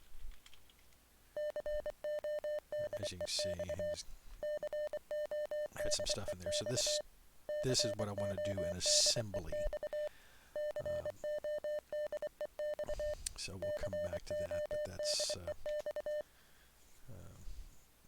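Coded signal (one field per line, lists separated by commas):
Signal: Morse code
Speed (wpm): 24 wpm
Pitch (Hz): 600 Hz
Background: speech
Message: CODEX CODEX CODEX CODEX CODEX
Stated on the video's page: Morse practice program written in assembly on a Commodore 64.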